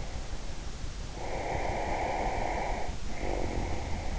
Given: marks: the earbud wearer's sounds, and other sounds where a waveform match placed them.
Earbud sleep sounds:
sounds in sleep by an in-ear microphone; snoring breath
1.23-4.00 s: snoring breath

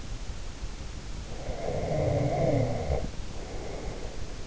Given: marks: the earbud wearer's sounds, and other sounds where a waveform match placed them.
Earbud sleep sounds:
sounds in sleep by an in-ear microphone; snoring breath
1.27-4.38 s: snoring breath

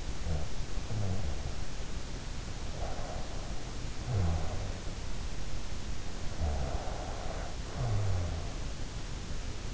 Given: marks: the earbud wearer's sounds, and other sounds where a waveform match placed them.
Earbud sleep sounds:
sounds in sleep by an in-ear microphone; snoring breath
0.00-1.49 s: snoring breath
2.63-4.99 s: snoring breath
6.33-8.70 s: snoring breath

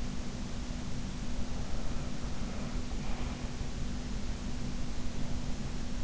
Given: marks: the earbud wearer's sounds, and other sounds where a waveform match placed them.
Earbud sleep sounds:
sounds in sleep by an in-ear microphone; breath
0.86-3.56 s: breath

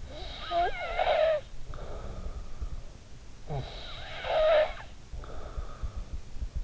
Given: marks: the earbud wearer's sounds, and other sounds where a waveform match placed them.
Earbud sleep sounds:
sounds in sleep by an in-ear microphone; snoring breath
0.00-2.50 s: snoring breath
3.17-5.65 s: snoring breath

